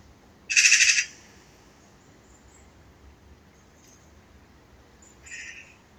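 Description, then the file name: Eurasian magpie producing a brief harsh rattle, then a quieter short chatter a few seconds later. "Pica pica"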